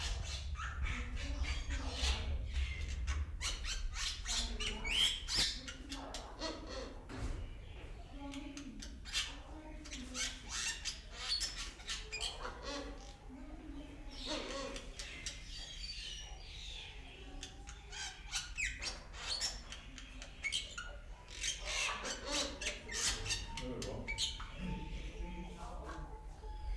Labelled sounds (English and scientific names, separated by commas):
Bali Myna (Leucopsar rothschildi)